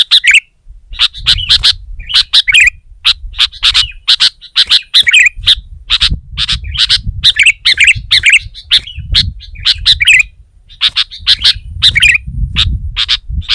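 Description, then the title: Sooty-headed bulbul song: rapid sharp chirps mixed with short bubbly warbled phrases, over a low rumbling background. "kutilang"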